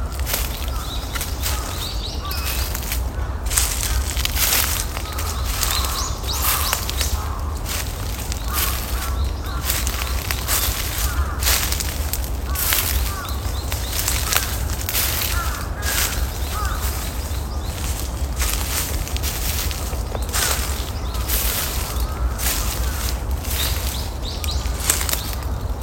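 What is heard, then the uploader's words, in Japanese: Dry fallen leaves rustle and crunch in frequent crisp bursts across the whole 26 seconds, irregular, like something moving or stepping through them. A steady low outdoor rumble sits underneath throughout. 公園の朝散歩より694小鳥とおちば。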